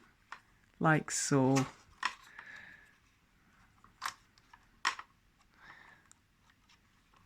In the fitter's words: sections just simply click into place like